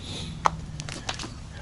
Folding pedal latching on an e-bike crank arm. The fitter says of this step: nice out of the way they lock into place very solid feeling